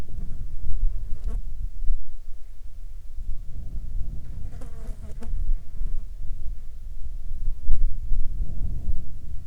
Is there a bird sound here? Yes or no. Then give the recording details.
no. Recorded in the Arctic National Wildlife Refuge, Alaska, on 16 July 2019 at 16:07. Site 35